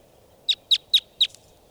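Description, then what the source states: Red crossbill calling, four sharp high chip notes spaced about a quarter second apart, over a faint low background hum. Type 2 crossbill, wild, in the sky.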